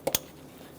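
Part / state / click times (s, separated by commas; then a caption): wiring harness connector onto ignition coil / seated / 0.1 s, 0.2 s. A wiring harness electrical connector is pushed onto the ignition coil on the engine of a 2003-2007 Honda Accord. Two sharp, short clicks are heard at 0.1 s and 0.2 s, with the second one louder, and then only quiet background remains. The connector has clicked in and is seated on the ignition coil.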